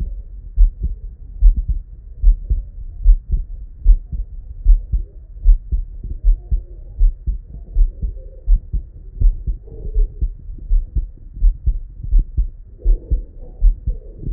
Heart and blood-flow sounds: heart sounds by stethoscope; Erb's point; 79 bpm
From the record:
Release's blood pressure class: elevated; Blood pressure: 128/64 mmHg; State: at rest

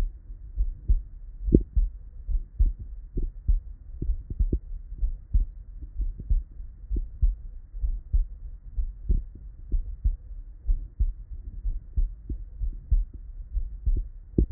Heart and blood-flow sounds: heart sounds by stethoscope; Erb's point; 64 bpm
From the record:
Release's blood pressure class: elevated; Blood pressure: 125/75 mmHg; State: at rest

